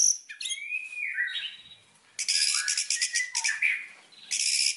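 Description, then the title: White-rumped shama song mixing sliding whistles with harsh, buzzy high bursts and quick chattering notes, delivered in uneven phrases. Song used as a lure (pancingan) to make other shamas respond; said to work on first hearing with an immediate response; bird described as singing constantly (gacor). "PANCINGAN MEWAH MURAI BATU GACORSEKALI DENGAR AMPUH LANGSUNG RESPON"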